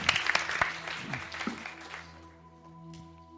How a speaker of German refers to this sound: Begrüß mal mit mir zusammen meine wunderbare Frau, die uns heute Morgen das Wort Gottes bringen wird. Halleluja. Gib dir mal einen kräftigen Applaus.